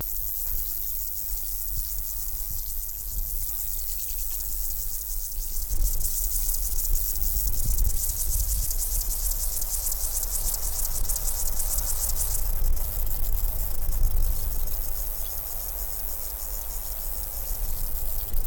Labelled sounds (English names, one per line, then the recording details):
Upland Field Grasshopper
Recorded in the wild
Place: Groß Schönebeck, Schorfheide, Brandenburg, DE
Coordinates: 52.91, 13.53
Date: 1996-08-02 15:47
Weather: heiter, 22°C
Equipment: Sony MD-WM MZ-R3, Sennheiser ME 80, Kopie Uher 4000 Report Monitor
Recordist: Tembrock, Günter